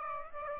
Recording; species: mosquito wingbeat signal from an infrared sensor; Aedes aegypti